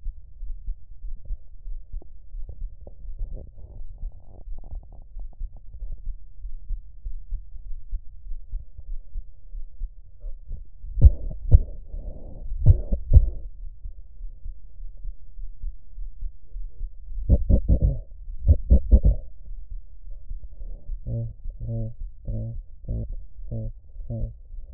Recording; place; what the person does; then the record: lung sounds by stethoscope; right anterior apical chest; quiet breathing, then cough and speech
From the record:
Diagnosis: none (healthy); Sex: male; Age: 23 years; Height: 185 cm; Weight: 93 kg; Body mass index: 27.2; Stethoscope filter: extended mode